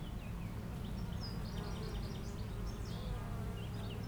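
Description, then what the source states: Honey bees hum in a deep continuous drone while small birds chirp and trill repeatedly at high pitch. Foraging honey bees flying back and forth to flowers between two hives in a garden apiary, Aix-les-Bains, France; a few birds in the neighbouring wood.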